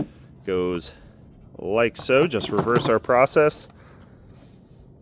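A new engine air filter is being fitted into the air filter housing of a 2022–2025 Hyundai Tucson (a 2024 here), with the plastic clips on the air box lid still to be flipped up to lock it. Someone talks throughout, with quiet background between phrases. Nothing has seated or clicked yet.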